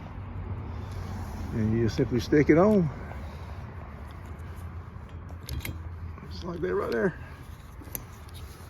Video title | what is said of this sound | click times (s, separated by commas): Installing wiper blades on a Mercury Sable/Ford Taurus and other cars | And it locks in place. | 8.0 s